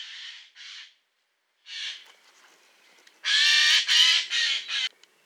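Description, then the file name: Eurasian jay giving harsh, rasping screeches: two short ones, a third followed by a quieter scratchy stretch, then a loud run of four screeches near the end. "Garrulus glandarius"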